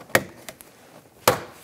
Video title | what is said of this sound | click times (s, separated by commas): How to Replace Side Rear View Mirrors 2007 2014 Chevrolet Silverado 2500HD | tighten that up while you're here might as well put this cover on make sure it clicks in place | 0.1 s, 1.3 s